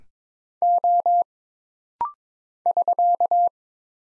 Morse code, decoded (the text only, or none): O <SK>